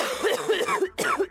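Two short, rough coughs in quick succession with a brief pause between them, each with a harsh, throaty quality, in an adult. It is a viral cough, typical of a respiratory infection.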